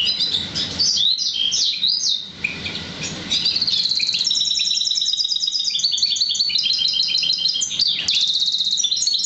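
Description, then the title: Oriental magpie-robin song, a continuous run of fast repeated high notes and trills that shifts between rapid phrases throughout. "Kicau Kacer"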